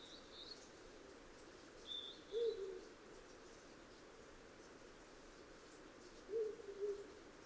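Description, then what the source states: Ural owl giving low, two-part hoots twice, several seconds apart, with thin high whistled notes from another bird early on over a steady background hiss. Recorded 2 June 2009 at 03:20.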